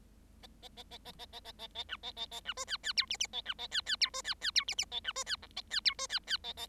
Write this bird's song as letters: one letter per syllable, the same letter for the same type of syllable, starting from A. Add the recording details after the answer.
A A A A A A A A A A B A A A B C D D E F F A B A D D E C D D E F F A B C D G A D E C D D A A. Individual Bird7